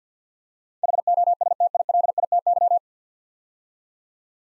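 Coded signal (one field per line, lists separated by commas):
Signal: Morse code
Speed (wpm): 50 wpm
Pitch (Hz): 700 Hz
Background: none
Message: HOSTILITY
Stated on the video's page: Morse practice at 50 wpm, 9-letter words with first 3 letters given, each word sent twice for head-copy and instant character recognition.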